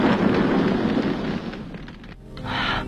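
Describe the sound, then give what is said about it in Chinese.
A car driven off into the sea blows up in midair before it falls in, in a loud, rumbling explosion whose roar slowly dies away, followed by a short burst of hissing, crackling debris. No one speaks. “而特工派特森却开车冲进了海里，可没等车完全掉进去，就在半空中爆炸了”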